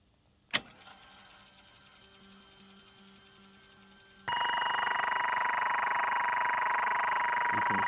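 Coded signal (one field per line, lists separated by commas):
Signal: timecode audio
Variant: SMPTE LTC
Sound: a click, a few seconds of quiet hum, then a harsh continuous buzzing warble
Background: tape hiss and hum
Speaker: going to press play on the tape and you'll hear the first sounds of the sync lining up see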